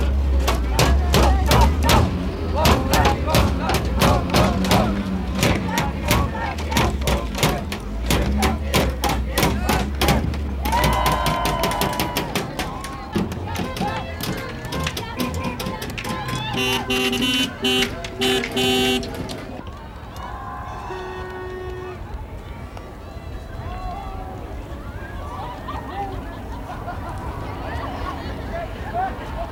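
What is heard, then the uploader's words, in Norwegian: Russ parade on Karl Johan: dense crowd noise with shouting voices over a thumping low beat for the first ten seconds. Then the music drops away, leaving chattering, whooping voices and scattered horn-like tones, thinning after about twenty seconds into a steadier murmur. Lyden av russetog på Karl Johan. Russerop, tuting, musikk.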